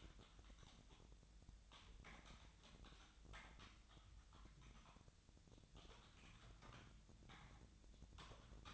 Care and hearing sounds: daily activity, microphone in the room; typing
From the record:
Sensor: 3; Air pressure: 1009.4 hPa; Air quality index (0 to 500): 196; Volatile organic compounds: 16 ppm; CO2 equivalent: 2552 ppm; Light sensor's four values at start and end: 34/85/36/39 and 35/87/37/40

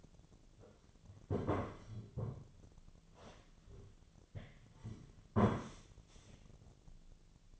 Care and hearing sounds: daily activity, microphone in the room; sit down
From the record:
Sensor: 4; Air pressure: 1009.0 hPa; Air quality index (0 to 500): 170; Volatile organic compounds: 5 ppm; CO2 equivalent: 1704 ppm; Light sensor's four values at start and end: 23/73/28/27 and 23/73/28/27

